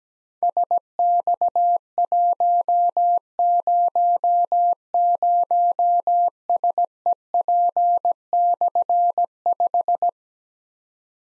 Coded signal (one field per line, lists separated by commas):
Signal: Morse code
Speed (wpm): 17 wpm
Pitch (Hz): 700 Hz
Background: none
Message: SX100SEP/5